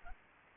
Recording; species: mosquito wingbeat signal from an infrared sensor; Aedes aegypti